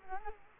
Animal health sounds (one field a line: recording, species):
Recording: mosquito wingbeat signal from an infrared sensor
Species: Culex quinquefasciatus